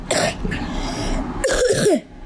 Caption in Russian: Запись кашля - Острый бронхит у ребенка (мокрота).